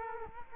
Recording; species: mosquito wingbeat signal from an infrared sensor; Culex quinquefasciatus